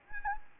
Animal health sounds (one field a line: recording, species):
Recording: mosquito wingbeat signal from an infrared sensor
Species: Anopheles gambiae